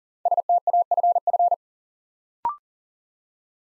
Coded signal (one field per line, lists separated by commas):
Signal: Morse code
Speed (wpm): 40 wpm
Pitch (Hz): 700 Hz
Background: none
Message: STAFF